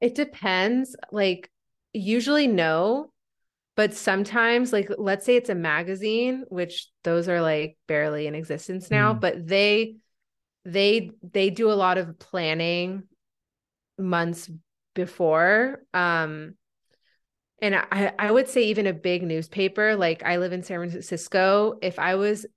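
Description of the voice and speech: An adult woman speaks conversationally with stretched sounds, repetitions of consonants and whole words ("they… they", "I I"), and silent blocks of about a second that break phrases mid-thought. This is stuttering with sound prolongations, repetitions and blocks, on a disfluent day with frequent stuttering.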